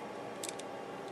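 A plastic torso part of a 1/100 MG Dark Hound Gundam model kit is forced into the kit's torso frame after an earlier attempt failed to snap it in. Two sharp clicks sound at 0.4 s and 0.5 s, followed by a fainter tick at 0.6 s over a steady background hiss. The part is seated fully home.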